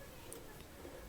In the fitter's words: it locks into place it's pretty sturdy and